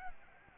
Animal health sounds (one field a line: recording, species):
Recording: mosquito wingbeat signal from an infrared sensor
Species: Aedes albopictus